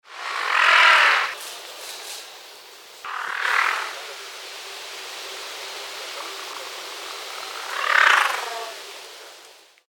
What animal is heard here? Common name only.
Maned Wolf